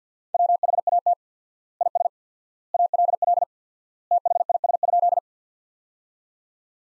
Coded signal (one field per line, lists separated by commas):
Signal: Morse code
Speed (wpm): 50 wpm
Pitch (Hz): 700 Hz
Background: none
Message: WHAT IS ALL THIS?